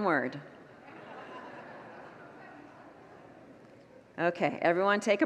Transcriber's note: congregants laugh